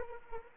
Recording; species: mosquito wingbeat signal from an infrared sensor; Anopheles arabiensis